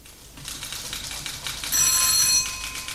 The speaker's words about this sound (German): Seit den frühen Morgenstunden schrillen im Büro des norddeutschen Lloyd in New York unablässig die Telefone.